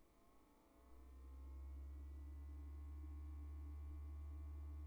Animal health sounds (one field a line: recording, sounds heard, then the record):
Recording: poultry house recording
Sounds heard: no chicken sound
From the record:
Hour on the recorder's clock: 22